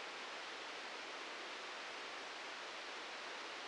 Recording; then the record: brain microelectrode recording played as sound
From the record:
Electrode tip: outside the subthalamic nucleus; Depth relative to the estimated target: 4 mm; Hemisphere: right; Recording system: NeuroSet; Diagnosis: Parkinson's disease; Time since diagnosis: 13 years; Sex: male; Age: 63 years